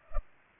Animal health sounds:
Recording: mosquito wingbeat signal from an infrared sensor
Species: Culex pipiens

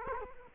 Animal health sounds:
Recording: mosquito wingbeat signal from an infrared sensor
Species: Culex quinquefasciatus

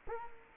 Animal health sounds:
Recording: mosquito wingbeat signal from an infrared sensor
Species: Culex quinquefasciatus

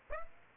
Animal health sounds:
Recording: mosquito wingbeat signal from an infrared sensor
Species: Aedes aegypti

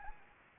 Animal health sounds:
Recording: mosquito wingbeat signal from an infrared sensor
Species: Anopheles gambiae

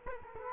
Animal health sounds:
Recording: mosquito wingbeat signal from an infrared sensor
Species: Culex quinquefasciatus

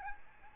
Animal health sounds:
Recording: mosquito wingbeat signal from an infrared sensor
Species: Aedes albopictus

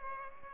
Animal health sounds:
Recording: mosquito wingbeat signal from an infrared sensor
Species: Culex pipiens

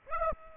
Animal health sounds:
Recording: mosquito wingbeat signal from an infrared sensor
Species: Aedes aegypti

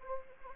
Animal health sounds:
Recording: mosquito wingbeat signal from an infrared sensor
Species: Anopheles arabiensis

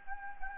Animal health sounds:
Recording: mosquito wingbeat signal from an infrared sensor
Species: Anopheles gambiae

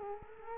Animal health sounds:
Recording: mosquito wingbeat signal from an infrared sensor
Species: Culex quinquefasciatus

